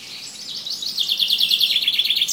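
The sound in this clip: Bird song: a bright, rapid trill of high notes building in loudness and continuing steadily to the end.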